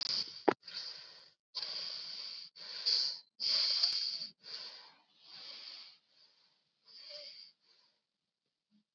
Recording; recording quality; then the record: shallow breathing; excellent, no background noise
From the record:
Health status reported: COVID-19 positive, mild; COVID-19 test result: positive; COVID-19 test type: RT-PCR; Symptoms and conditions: cough, fever, fatigue, muscle pain, diabetes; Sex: female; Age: 58 years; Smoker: no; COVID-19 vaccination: both doses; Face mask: worn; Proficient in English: yes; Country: India